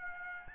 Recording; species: mosquito wingbeat signal from an infrared sensor; Aedes albopictus